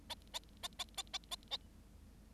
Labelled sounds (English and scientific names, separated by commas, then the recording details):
Bengalese Finch (Lonchura striata domestica) song
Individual Bird7